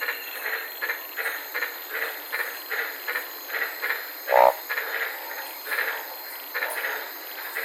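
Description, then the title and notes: White-lipped tree frogs calling in a chorus, short pulsed croaks repeated roughly twice a second, with one louder brief sound partway through, over a steady high hiss. Several frogs calling at night in the Daintree rainforest, Queensland, heard from inside a parked car. "sitting in my car in the Daintree rainforest in Queensland this night. these amazing White lipped frogs"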